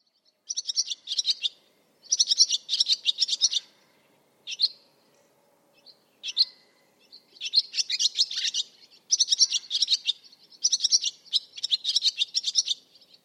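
Barn swallow chattering in quick, high-pitched twittering phrases, several bursts with a couple of lone clipped notes between them.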